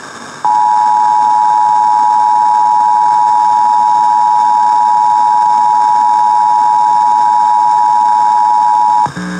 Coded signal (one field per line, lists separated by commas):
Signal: Emergency Alert System (SAME) tones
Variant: 853 and 960 Hz attention tone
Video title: Pennsylvania Required Monthly Tests (6/17/21)(EAS 746-752)